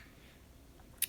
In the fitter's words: push it down to lock it all back in place again